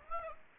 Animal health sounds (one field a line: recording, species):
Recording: mosquito wingbeat signal from an infrared sensor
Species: Aedes aegypti